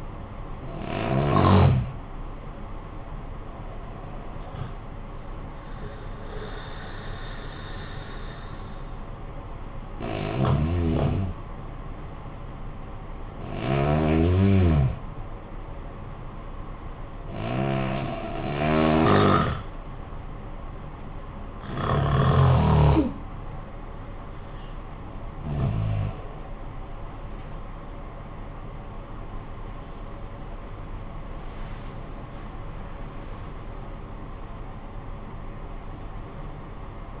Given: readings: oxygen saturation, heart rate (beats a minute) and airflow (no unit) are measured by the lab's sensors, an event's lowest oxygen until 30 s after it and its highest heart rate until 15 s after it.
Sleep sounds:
breathing in sleep by a smartphone at the bedside; 1
15.00-33.10 s: hypopnea (REM, oxygen 95% highest, then 92% lowest, heart rate 63 at the start, 86 highest)
20.00-37.20 s: new sleep stage, N1 (lightest sleep)
From the record:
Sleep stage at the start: REM sleep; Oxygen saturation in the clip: 68 to 95%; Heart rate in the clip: 53 to 86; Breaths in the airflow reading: 9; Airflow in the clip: -13.6 to 18.0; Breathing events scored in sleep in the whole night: 445 in 7.6 hours asleep

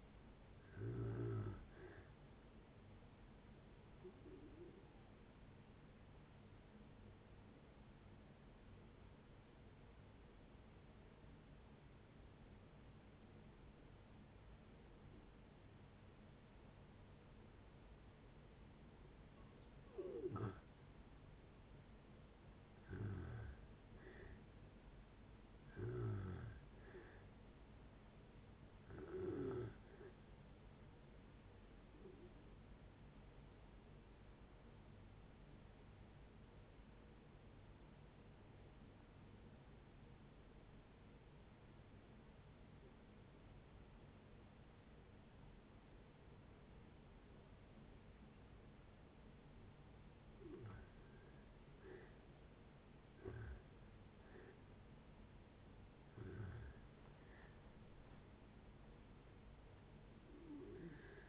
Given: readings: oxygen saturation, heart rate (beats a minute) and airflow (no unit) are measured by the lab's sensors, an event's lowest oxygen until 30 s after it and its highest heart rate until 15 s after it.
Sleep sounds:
breathing in sleep by a voice recorder at the bedside; 2
4.00-21.80 s: hypopnea (N2, oxygen 96% highest, then 86% lowest, heart rate 75 at the start, 75 highest)
28.00-51.10 s: hypopnea (N2, oxygen 96% highest, then 83% lowest)
32.00-61.29 s: new sleep stage, N1 (lightest sleep)
From the record:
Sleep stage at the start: N2 (light sleep); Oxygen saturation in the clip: 84 to 96%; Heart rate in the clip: 60 to 75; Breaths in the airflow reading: 9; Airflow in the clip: -7.4 to 11.2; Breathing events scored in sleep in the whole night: 496 in 5.4 hours asleep

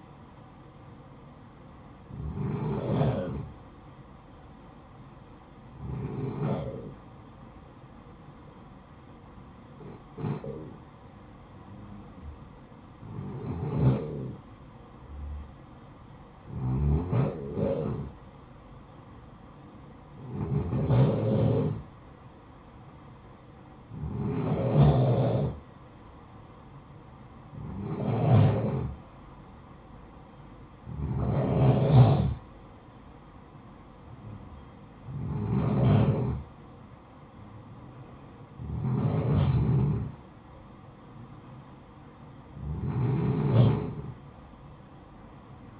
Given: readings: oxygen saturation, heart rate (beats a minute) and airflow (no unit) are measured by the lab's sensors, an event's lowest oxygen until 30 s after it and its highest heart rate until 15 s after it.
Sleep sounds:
breathing in sleep by a smartphone at the bedside; none
none scored
From the record:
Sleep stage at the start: N1 (lightest sleep); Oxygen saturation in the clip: 79 to 95%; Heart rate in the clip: 57 to 66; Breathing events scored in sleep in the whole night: 573 in 9.8 hours asleep

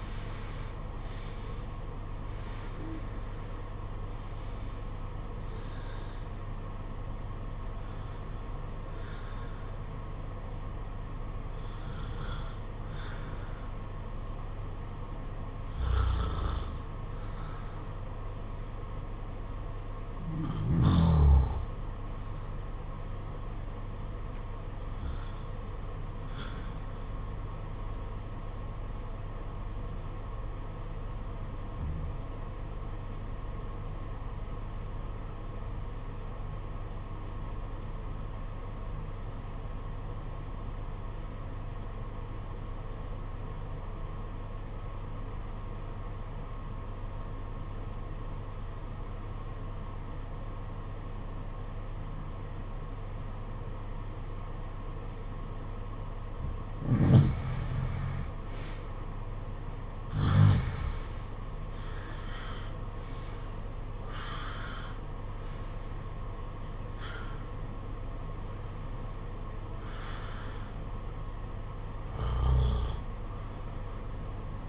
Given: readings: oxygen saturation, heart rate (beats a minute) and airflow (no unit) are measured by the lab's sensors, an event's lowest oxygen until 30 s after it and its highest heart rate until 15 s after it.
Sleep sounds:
breathing in sleep by a smartphone at the bedside; 1
30.00-57.40 s: obstructive apnea (REM, oxygen 95% highest, then 75% lowest, heart rate 55 at the start, 80 highest)
From the record:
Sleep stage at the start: REM sleep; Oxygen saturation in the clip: 70 to 95%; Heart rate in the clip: 53 to 90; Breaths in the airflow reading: 13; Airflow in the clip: -14.7 to 14.7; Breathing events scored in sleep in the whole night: 476 in 9.7 hours asleep

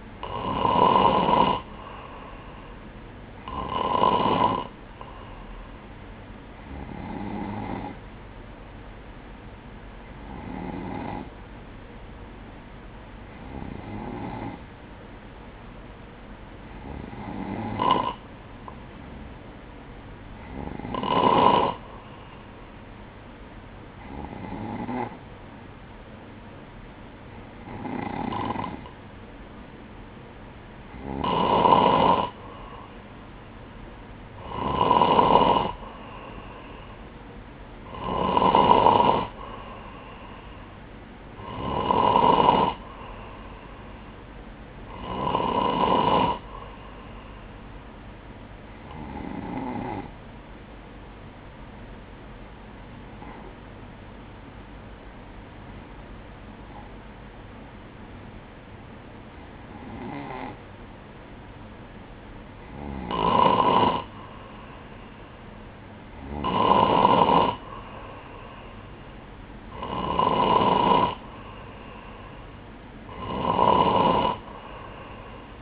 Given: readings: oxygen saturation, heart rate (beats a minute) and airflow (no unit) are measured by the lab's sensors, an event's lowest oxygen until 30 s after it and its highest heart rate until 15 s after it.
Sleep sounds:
breathing in sleep by a voice recorder at the bedside; none
47.00-75.62 s: new sleep stage, N3 (deep sleep)
From the record:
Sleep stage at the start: N2 (light sleep); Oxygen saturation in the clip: 94 to 96%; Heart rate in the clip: 59 to 68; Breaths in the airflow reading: 22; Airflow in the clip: -3.8 to 5.2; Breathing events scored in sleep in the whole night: 180 in 6.7 hours asleep

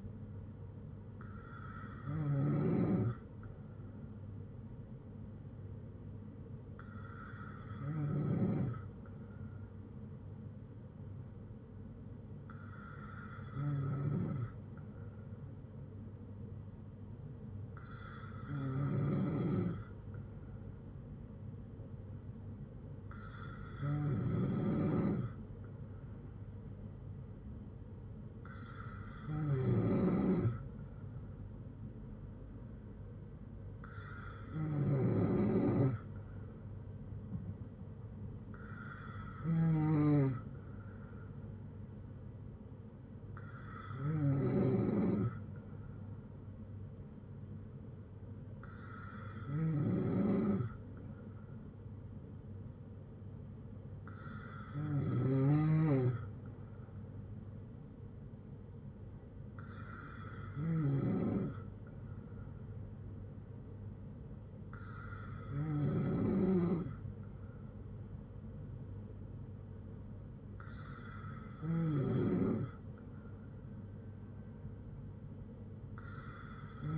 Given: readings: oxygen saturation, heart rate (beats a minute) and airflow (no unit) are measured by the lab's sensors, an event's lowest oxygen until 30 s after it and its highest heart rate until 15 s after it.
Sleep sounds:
breathing in sleep by a smartphone at the bedside; none
none scored
From the record:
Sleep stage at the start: N2 (light sleep); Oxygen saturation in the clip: 94 to 95%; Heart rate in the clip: 56 to 69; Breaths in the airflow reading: 14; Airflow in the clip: -5.5 to 4.0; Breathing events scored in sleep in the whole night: 182 in 7.4 hours asleep

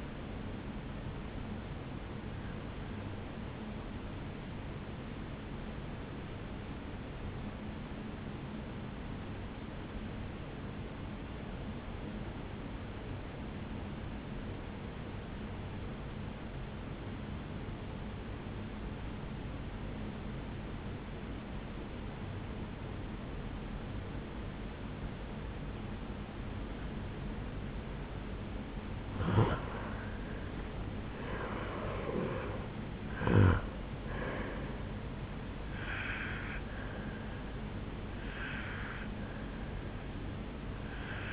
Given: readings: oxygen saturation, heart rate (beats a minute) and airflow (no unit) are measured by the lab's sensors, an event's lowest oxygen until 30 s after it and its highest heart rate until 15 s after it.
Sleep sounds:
breathing in sleep by a voice recorder at the bedside; 1
7.00-28.90 s: obstructive apnea (N1, oxygen 96% highest, then 85% lowest, heart rate 56 at the start, 76 highest)
From the record:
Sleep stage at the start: N1 (lightest sleep); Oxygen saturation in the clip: 86 to 96%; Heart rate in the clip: 56 to 76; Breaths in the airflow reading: 4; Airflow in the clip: -12.1 to 10.2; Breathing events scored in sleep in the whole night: 449 in 7.0 hours asleep

